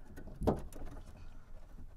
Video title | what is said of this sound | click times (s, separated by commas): Cambiar cierre centralizado Chrysler Voyager | hasta que haga clic. Vale, perfecto. | 0.7 s